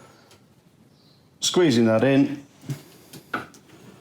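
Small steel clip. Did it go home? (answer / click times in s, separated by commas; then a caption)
yes / 3.3 s. A steel circlip is squeezed and pushed into its groove on a universal joint cap of the rear half shaft from a 1967 Jaguar E-Type independent rear suspension being rebuilt. Someone talks, then small metallic handling sounds lead to a sharp click at 3.3 s as the circlip snaps into the groove and seats.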